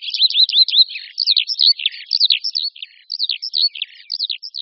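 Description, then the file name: Eurasian skylark song in short bursts of high, looping chirps and slurred notes with brief gaps between phrases. "Skřivan-polní"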